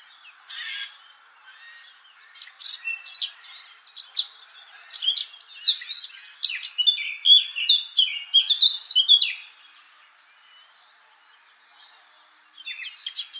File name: Sylvia atricapilla